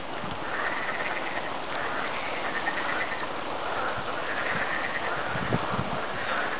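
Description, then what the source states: Frogs calling in a dense, continuous chorus of pulsing trills, with waves of sound rising and falling, over a steady low rumble. Recorded 14 to 22 April 2001.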